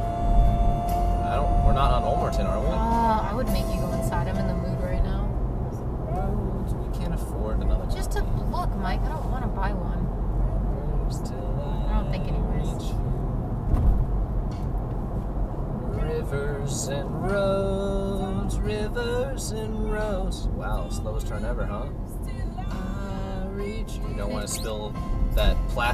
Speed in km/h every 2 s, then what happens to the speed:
68, 69, 72, 74, 74, 74, 74, 72, 66, 55, 40, 35, 37.
0-6 speeds up to 74. 6-13 steady at about 74. 13-23 brakes to 35.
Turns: none.